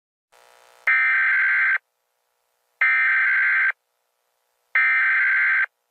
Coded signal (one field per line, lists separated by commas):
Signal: Emergency Alert System (SAME) tones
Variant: header bursts